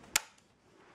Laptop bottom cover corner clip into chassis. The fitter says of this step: so you can hear that snap in